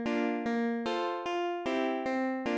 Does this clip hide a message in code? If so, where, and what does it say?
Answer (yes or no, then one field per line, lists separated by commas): no